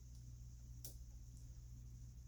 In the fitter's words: Click it in, should nicely click in place,